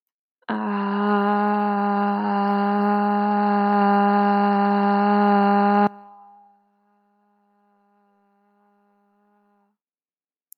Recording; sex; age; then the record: vowel held as long as possible; female; 30 to 39 years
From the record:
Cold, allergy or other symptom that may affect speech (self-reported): no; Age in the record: 34 years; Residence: West Virginia, United States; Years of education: 18